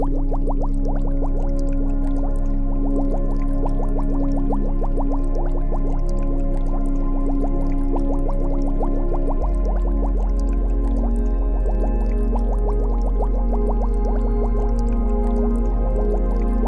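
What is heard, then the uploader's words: Water trickles and drips in a busy, irregular patter of small bright plinks over a steady low rumble. The droplets come thick and fast throughout, and around nine seconds the low hum underneath shifts slightly, continuing evenly to the end. Water and nature sounds.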